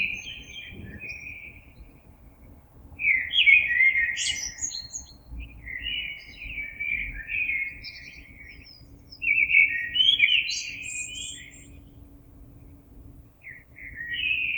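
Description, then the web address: Common blackbird repeating short, fluting phrases, several finished with sharp high squeaks, separated by short pauses over a faint background hum. Recorded on 26 April 2022. "oiseaux Merle 2022 04 26"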